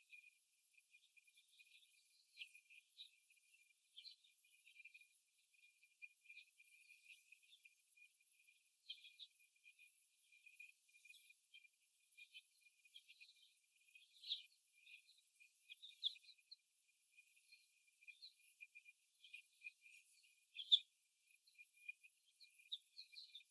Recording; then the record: young laying hens in a cage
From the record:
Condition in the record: after the stressor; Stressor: simulated dog barking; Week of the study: 1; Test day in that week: 1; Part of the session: 3